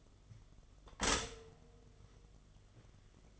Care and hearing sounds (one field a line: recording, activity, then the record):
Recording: daily activity, microphone in the room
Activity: stop toaster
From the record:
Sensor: 4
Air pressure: 1015.5 hPa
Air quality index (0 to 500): 202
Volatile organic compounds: 10 ppm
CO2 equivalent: 2252 ppm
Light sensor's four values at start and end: 4/9/3/3 and 4/8/3/3